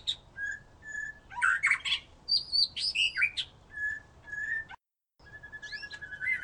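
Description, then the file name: White-rumped shama song of steady whistled notes, scratchy chatters and upward slurs, briefly cut to silence near the end before resuming. "murai batu"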